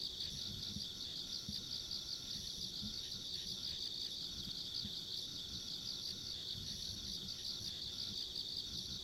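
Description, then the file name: Insect trilling forms a constant high shimmering chorus, with low rumbling noise beneath. Ambient insect sounds recorded along a country road. "田舎道の虫の環境音"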